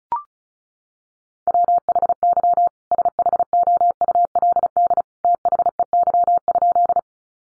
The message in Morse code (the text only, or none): WHY SHOULD THEY?